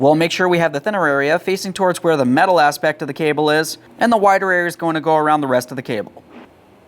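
A man talks while positioning the white plastic locking clip, with its thinner side toward the metal part of the cable and its wider side around the rest, on the front exterior door handle cable of a 2015–2020 Ford F-150. The clip is handled but not yet pushed home, and nothing has seated or clicked yet.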